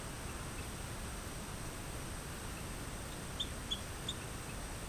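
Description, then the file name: Rio Grande chirping frog giving three short, high chirps in quick succession near the end, over a steady background hiss. "Eleutherodactylus cystignathoides"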